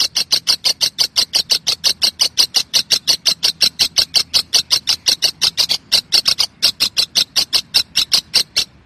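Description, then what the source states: Lovebird giving a fast, even series of sharp, high-pitched chirps, with one or two short breaks in the run. Song style called konslet.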